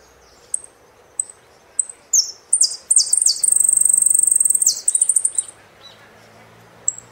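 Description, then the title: Saffron finch song: spaced high chips build into loud chirped notes and a long, rapid buzzy trill, then a few more chirps and a final thin chip. "Jilguero Argentino"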